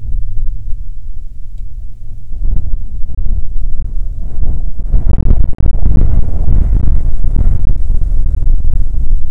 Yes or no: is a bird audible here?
no